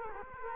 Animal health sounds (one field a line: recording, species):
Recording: mosquito wingbeat signal from an infrared sensor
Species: Culex quinquefasciatus